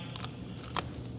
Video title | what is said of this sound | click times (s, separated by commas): Bunkers: John's Quick Overview | See, you can hear that snap. | 0.8 s